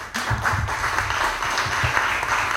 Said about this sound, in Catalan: Un aplaudiment, també.